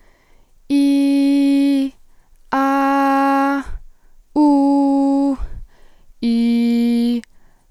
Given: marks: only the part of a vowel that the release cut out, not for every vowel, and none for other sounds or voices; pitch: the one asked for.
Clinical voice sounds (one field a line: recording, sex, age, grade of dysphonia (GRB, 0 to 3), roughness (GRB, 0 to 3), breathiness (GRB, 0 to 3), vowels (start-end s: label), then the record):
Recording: sustained vowels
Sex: female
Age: 18 to 19 years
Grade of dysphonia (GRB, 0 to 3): 0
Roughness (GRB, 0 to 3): 0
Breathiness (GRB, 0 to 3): 0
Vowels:
0.76-1.77 s: vowel /i/, high pitch
2.58-3.53 s: vowel /a/, high pitch
4.42-5.29 s: vowel /u/, high pitch
6.27-7.14 s: vowel /i/, low pitch
From the record:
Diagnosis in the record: healthy voice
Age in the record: 19 years